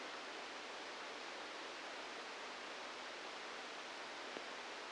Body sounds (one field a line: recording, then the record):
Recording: brain microelectrode recording played as sound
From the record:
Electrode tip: outside the subthalamic nucleus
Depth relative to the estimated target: 4 mm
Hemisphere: left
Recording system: NeuroSet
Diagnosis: Parkinson's disease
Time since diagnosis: 15 years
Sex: female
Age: 59 years